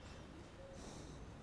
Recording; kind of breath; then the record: one breath in and out by a microphone near the nose and mouth; normal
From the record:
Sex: male